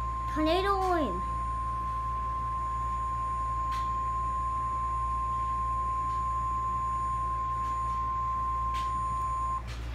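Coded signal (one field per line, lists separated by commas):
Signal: Emergency Alert System (SAME) tones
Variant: 1050 Hz attention tone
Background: speech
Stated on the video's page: Real EAS alert received at nighttime.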